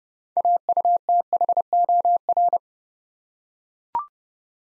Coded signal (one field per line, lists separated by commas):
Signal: Morse code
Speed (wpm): 30 wpm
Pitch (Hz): 700 Hz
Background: none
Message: AUTHOR